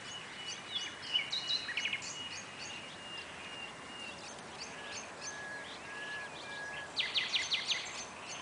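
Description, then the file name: Common nightingale singing scattered high chirps and long level whistles, ending in a loud fast rattling trill, with constant faint background noise. "Luscinia megarhynchos"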